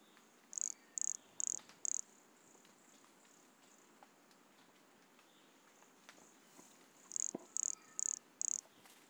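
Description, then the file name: Brachycephalus sulfuratus call: four high, clipped notes in quick even succession, a pause, then another run of four, against faint background whistles. Recorded at Monte Crista, Brazil, in November 2016, with the animal 100 cm from the microphone. "Brachycephalus sulfuratus Monte Crista 100 cm from microphone Luiz Fernando Ribeiro NOV-2016"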